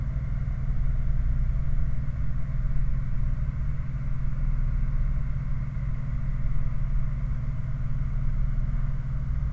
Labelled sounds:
machinery
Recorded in the Prudhoe Bay oil fields, Alaska, on 9 August 2019 at 23:41
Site 29

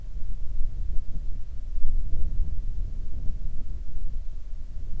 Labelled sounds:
wind
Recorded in the Arctic National Wildlife Refuge, Alaska, on 3 August 2019 at 10:28
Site 41

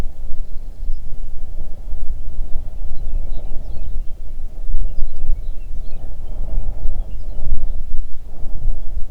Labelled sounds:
songbird, wind
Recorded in the Arctic National Wildlife Refuge, Alaska, on 3 June 2019 at 04:35
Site 37

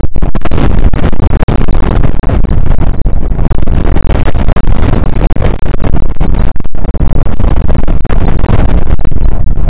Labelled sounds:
wind
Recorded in the Prudhoe Bay oil fields, Alaska, on 1 August 2019 at 02:04
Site 29

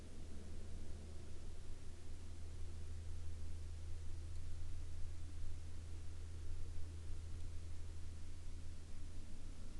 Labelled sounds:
man-made sound
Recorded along the Dalton Highway, Alaska, on 8 April 2019 at 13:45
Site 10

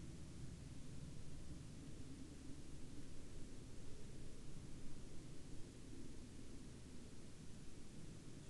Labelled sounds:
aircraft
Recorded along the Dalton Highway, Alaska, on 20 March 2019 at 10:12
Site 06

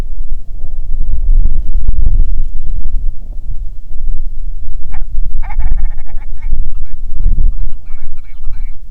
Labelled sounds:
grouse or ptarmigan, wind
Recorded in the Prudhoe Bay oil fields, Alaska, on 6 June 2019 at 03:45
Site 16

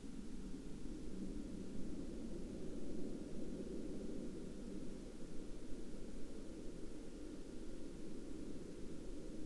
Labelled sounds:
aircraft
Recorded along the Dalton Highway, Alaska, on 2 April 2019 at 09:31
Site 09

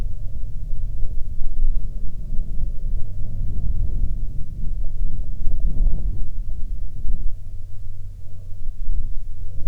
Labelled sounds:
wind, aircraft
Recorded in the Arctic National Wildlife Refuge, Alaska, on 6 August 2019 at 19:07
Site 49

